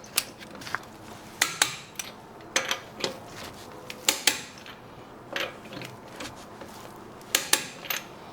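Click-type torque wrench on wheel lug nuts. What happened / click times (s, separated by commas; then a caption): The torque wrench clicked off at its setting on each nut / 1.4 s, 1.6 s, 4.1 s, 4.3 s, 7.3 s, 7.5 s. A 1/2 inch click-type torque wrench set to 94 ft-lb tightens the wheel lug nuts on a 2021 Honda Ridgeline pickup truck, back on the ground after a tire rotation. Over quiet ratcheting and handling noise, sharp metallic clicks come in closely spaced pairs, one pair per nut, at 1.4 and 1.6 s, 4.1 and 4.3 s, and 7.4 and 7.5 s. Each pair marks the wrench reaching its set torque on that nut.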